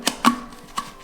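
A backpacking stove's cooking pot is lined up with the groove on the burner and twisted onto its bayonet mount, locking at 0.1 s with a sharp click. Two more knocks follow at about 0.3 s and 0.8 s, each with a brief ringing tone. The pot is seated and locked to the burner, and the two hold together as one unit when shaken.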